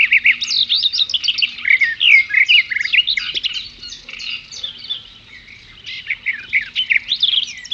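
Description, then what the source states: Birds give loud, high twittering song phrases with rapid chirps, then a brief quieter spell before singing resumes strongly. At a brook.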